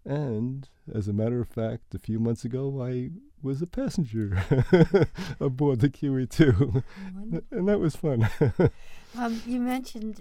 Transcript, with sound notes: And as a matter of fact, a few months ago, I was a passenger [laughs] aboard the QE2 and that was fun.
You mentioned